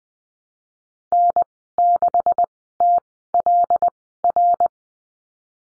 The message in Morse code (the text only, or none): N6TLR